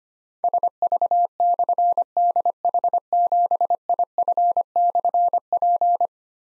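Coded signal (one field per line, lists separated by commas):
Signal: Morse code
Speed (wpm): 25 wpm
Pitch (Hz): 700 Hz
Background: none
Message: SV/DH7IF/P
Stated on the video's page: Practice drill of difficult slashed call signs at 25 wpm; each call is sent in Morse, spoken, then sent again.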